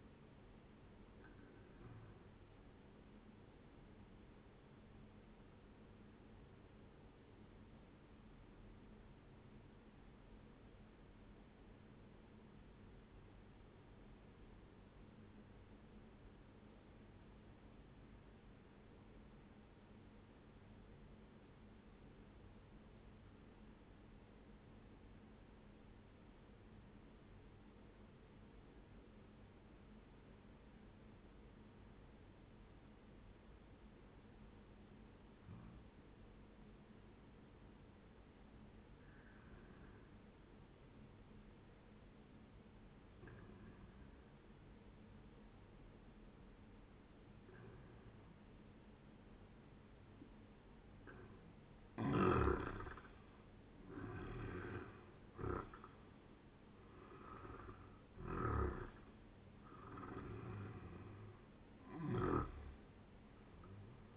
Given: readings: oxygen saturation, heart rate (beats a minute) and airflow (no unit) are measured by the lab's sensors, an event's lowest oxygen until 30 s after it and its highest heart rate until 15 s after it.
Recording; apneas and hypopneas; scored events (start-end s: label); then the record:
breathing in sleep by a voice recorder at the bedside; 1
7.00-50.00 s: obstructive apnea (N1, oxygen 97% highest, then 89% lowest, heart rate 68 at the start, 80 highest)
11.00-64.17 s: new sleep stage, N2 (light sleep)
From the record:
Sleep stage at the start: N1 (lightest sleep); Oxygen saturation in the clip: 90 to 97%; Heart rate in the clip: 57 to 80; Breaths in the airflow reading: 4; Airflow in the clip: -11.8 to 12.6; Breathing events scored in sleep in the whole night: 131 in 7.2 hours asleep